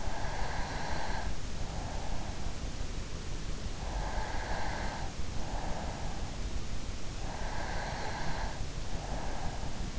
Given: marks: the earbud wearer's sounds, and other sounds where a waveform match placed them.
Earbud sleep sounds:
sounds in sleep by an in-ear microphone; breath
0.00-2.62 s: breath
3.71-6.40 s: breath
7.31-9.99 s: breath

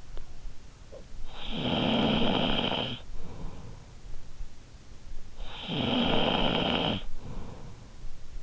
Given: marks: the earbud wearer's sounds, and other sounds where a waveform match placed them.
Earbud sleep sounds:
sounds in sleep by an in-ear microphone; snoring breath
0.99-4.16 s: snoring breath
5.16-8.42 s: snoring breath

